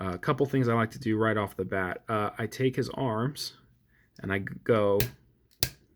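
Someone talks, then raises the plastic arms of a transforming robot action figure two steps in their shoulder ratchet joints. Two sharp clicks at 5.5 s and 5.6 s, the second much louder, as each arm seats into position.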